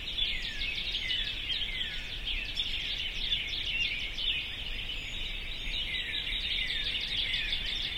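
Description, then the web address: Birds fill the air with overlapping chirps, including several clear downslurred notes, over a steady high twitter. "sounds djk sounds birds 0645 040905"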